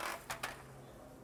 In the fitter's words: everywhere there's a hole I can stop it but you'll hear it lock in and then one finger back